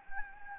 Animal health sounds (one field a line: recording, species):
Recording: mosquito wingbeat signal from an infrared sensor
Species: Anopheles gambiae